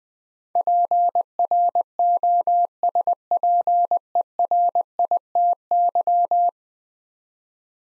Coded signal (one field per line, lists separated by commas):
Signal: Morse code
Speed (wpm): 21 wpm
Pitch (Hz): 700 Hz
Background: none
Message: PROSPERITY